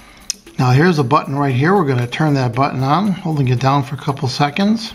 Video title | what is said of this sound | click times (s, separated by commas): HIGH QUALITY ACCURATE Pulse Oximeter - FDA Approved Blood Oxygen Fingertip Meter REVIEW | then you want to put the cover back on and slide it it locks in place now | 0.3 s